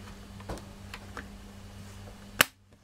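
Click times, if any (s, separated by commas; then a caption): 2.4 s. A plastic keyboard bezel is pressed down onto the base chassis of a Toshiba laptop, bottom edge first and then the left side, with enough force that it feels like breaking plastic. Faint ticks and rustles over a steady low hum lead to one loud, sharp snap at 2.4 s as its clips seat. The bezel is confirmed snapped into place.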